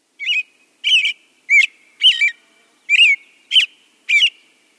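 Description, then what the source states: American Robin singing several short rich whistled phrases, slurred notes rising and falling, with brief pauses between. Graceful caroling song sung in very early spring; a harbinger of spring.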